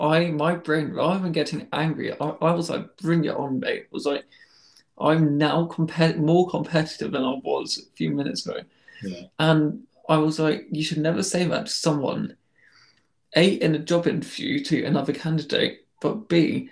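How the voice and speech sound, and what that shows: Adult man speaking with a stammer: repeated words ("I, I") and blocks, especially around words beginning with H, A or I, with pauses between phrases. He is always conscious of the stammer, which worsens when he is nervous or running late.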